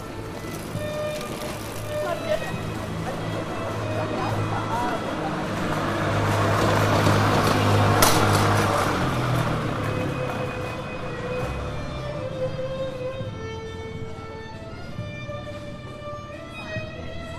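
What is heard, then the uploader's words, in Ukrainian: Street ambience on Andriyivskyy Descent in Kyiv. A vehicle rumbles, loudest around seven to eight seconds with a sharp knock near eight, then fades away. Voices and scattered tonal sounds carry on over a steady murmur of the street. Андріївський узвіз, Київ. Запис зроблений між пам'ятником Михайлу Булгакову та Театром на Подолі. Вечір.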